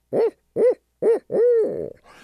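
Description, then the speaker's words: Barred owl hooting: three short, low, rounded hoots evenly spaced, then a longer drawn-out hoot that trails off. Well-known hoot rendered as 'Who cooks for you? Who cooks for you all?'; common around Iowa, in prairie savanna and woodland environments. "And the hoot that they hear is one that I think people sort of identify with quite often, as that "Who cooks for you? Who cooks for you all?""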